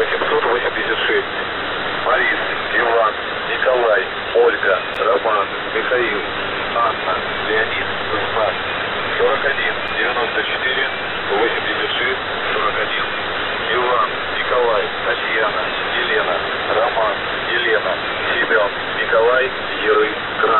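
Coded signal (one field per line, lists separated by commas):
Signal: coded military voice message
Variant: The Pip, Russian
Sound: a voice speaking steadily throughout over narrow, hissy shortwave radio audio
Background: radio static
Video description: "The Pip" is a Russian military radiostation that broadcasts on 5448 kHz at daytime and 3756 kHz at nighttime.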